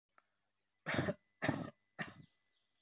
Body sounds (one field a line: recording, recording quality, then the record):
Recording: shallow voluntary cough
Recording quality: excellent, no background noise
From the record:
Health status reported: healthy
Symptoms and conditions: none ticked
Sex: male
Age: 24 years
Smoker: not ticked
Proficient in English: yes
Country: India